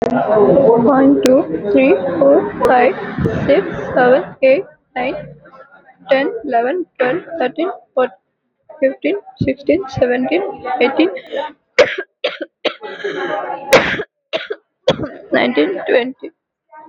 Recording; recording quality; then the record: counting at a normal pace; moderate, slight background noise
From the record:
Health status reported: recovered from COVID-19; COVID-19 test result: negative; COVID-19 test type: RT-PCR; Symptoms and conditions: cough, cold, sore throat, fever, fatigue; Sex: female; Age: 31 years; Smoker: no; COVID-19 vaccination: both doses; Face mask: worn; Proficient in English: yes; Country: India